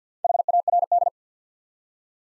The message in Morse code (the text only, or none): HARD